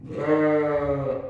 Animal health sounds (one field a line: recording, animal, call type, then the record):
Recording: contact call of a hoofed animal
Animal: sheep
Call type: low-frequency (closed-mouth) or high-frequency (open-mouth) call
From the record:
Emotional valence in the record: negative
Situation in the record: short social isolation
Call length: 1.30 s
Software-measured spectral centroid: 990 Hz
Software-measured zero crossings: 1030 a second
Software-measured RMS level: -23 dBFS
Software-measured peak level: -10 dBFS